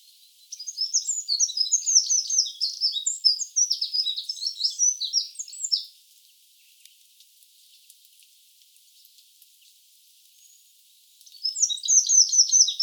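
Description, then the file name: Eurasian wren giving a long, energetic, high-pitched trilling song of about five seconds, then quiet, then another loud burst beginning near the end. "Troglodytes troglodytes"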